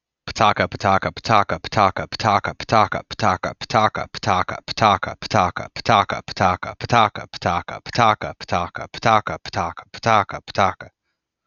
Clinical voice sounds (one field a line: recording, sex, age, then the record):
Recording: repeated syllables /pa ta ka/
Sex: male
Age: 30 to 39 years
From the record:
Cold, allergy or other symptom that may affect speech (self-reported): no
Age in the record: 33 years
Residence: Pennsylvania, United States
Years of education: 16